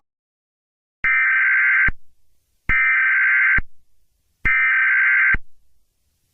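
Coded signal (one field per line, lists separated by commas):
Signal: Emergency Alert System (SAME) tones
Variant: header bursts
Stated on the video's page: Fictional scenario alert, not real.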